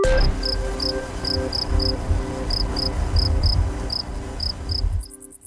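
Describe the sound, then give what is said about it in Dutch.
Field cricket and wart-biter bush-cricket chirping: a steady series of high, short chirps, often in pairs or triplets, over a low rumbling background, with no one talking. “Geoefende insectenkenners zouden hier de gewone veldkrekel en de vrattenbijter in hebben gehoord.”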